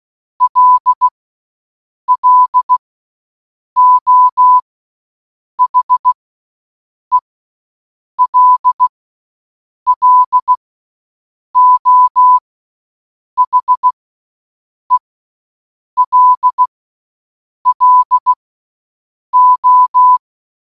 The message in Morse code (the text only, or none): L L O H E L L O H E L L O